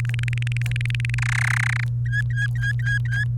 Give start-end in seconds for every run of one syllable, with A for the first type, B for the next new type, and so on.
0.00-1.15 A, 1.18-1.84 B, 2.05-3.24 C